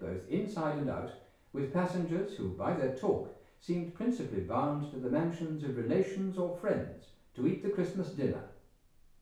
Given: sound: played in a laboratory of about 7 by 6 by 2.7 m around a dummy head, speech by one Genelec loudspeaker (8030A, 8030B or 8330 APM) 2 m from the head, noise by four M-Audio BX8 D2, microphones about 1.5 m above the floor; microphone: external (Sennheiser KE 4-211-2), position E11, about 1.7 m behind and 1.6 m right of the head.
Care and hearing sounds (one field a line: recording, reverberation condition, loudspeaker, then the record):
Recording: male speech in English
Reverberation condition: medium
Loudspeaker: 90 degrees to the right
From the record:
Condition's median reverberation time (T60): about 510 ms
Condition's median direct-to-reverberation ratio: about -0.5 dB